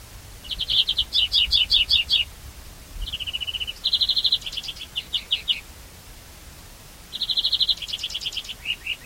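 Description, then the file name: European greenfinch giving repeated trilled twitters and a short buzzy run, rapid notes in groups several times throughout, with light background hiss. "Chloris chloris"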